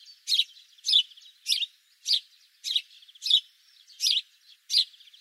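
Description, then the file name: House sparrow calling with a run of loud, harsh chirps spaced just over half a second apart, with faint softer notes between them. "Passer domesticus"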